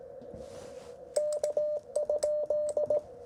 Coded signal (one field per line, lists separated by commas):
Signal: Morse code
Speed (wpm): 18 wpm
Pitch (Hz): 600 Hz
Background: none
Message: K?